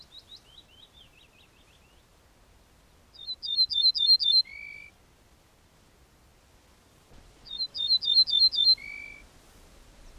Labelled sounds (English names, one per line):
Ortolan Bunting song